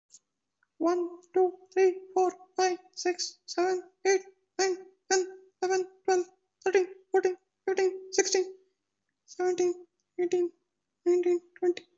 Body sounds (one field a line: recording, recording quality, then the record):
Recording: counting at a fast pace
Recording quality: excellent, no background noise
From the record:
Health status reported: COVID-19 positive, mild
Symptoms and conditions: cough, cold, diabetes, ischaemic heart disease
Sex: female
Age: 52 years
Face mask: not worn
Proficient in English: no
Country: India